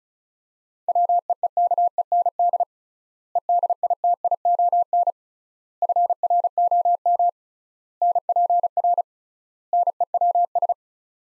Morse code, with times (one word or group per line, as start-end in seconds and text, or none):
0.9-2.6 WEEKEND
3.4-5.1 EDITION
5.8-7.3 FROM
8.0-9.0 NPR
9.7-10.7 NEWS